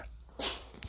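A single sharp, hissy burst with an abrupt start that fades within about a quarter second, followed by a faint small click. It is one brief, isolated sneeze from a female pet cat sitting beside her owner in a quiet room.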